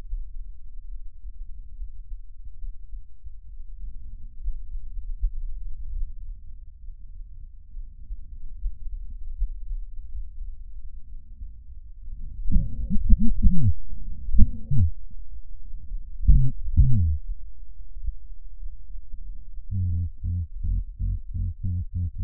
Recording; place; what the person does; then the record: lung sounds by stethoscope; right anterior apical chest; quiet breathing, then cough and speech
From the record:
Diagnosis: none (healthy); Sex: male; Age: 34 years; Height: 174 cm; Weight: 93 kg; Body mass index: 30.7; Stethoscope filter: bell mode